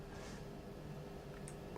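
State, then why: Seated. A K&F Concept magnetic CPL/ND filter is placed over the lens of a DJI Osmo Pocket gimbal camera and pulls itself into place by magnetism. Over a low steady background, a short sharp snap at 1.5 s marks the filter seating, followed by a fainter tick near 1.8 s. The filter clips on by itself and is seated.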